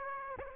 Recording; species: mosquito wingbeat signal from an infrared sensor; Aedes aegypti